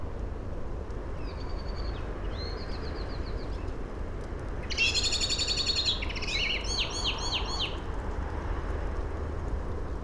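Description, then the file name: Common blackbird giving high, thin chirping bursts, a short pair early on and a denser run of rapid chirps midway, over steady low rumbling background noise. "Turdus merula"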